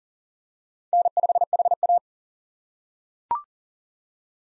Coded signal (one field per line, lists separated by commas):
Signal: Morse code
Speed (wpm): 37 wpm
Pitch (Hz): 700 Hz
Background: none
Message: N5HA